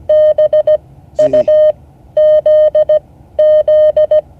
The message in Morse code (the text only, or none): BUZZ